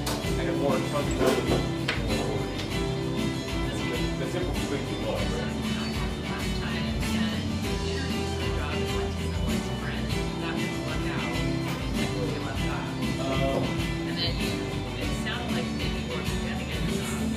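Café sounds of a coffee joint: a dense, steady murmur of overlapping voices with occasional clinks and knocks scattered throughout.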